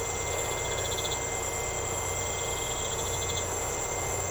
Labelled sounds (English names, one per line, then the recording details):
none
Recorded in secondary vegetation near Puerto Asís, Putumayo, Colombia, on 13 March 2025 at 02:30
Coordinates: 0.468, -76.324
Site G059